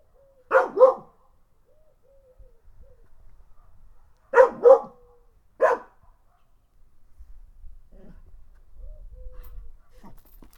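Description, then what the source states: Dog barks in short groups: a double bark, a pause of several seconds, then another double bark and one more bark, before faint low rumbling noise. Mixed-breed dog named Mia.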